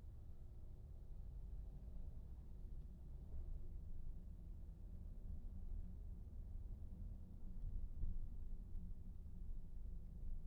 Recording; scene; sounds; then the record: everyday scene through a hearing-aid microphone; in a vehicle; engine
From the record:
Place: VW T5 Caravelle, diesel engine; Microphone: behind the ear, right, rear